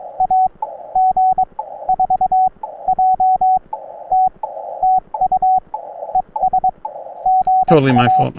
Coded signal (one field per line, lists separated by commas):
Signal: Morse code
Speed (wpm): 22 wpm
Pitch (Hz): 750 Hz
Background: speech, radio noise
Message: AG4JT TU ES GA